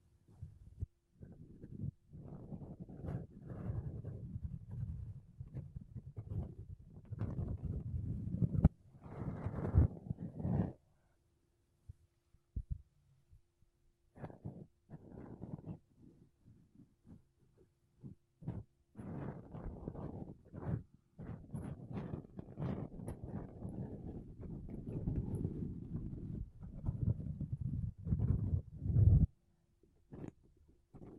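Makeup brushes and a sponge rub across a microphone in dense, scratchy bursts, mostly low and muffled with brighter crackling edges. The brushing runs steadily for stretches, drops out briefly around eleven to fourteen seconds, then resumes with quicker, uneven strokes and a few sharp taps.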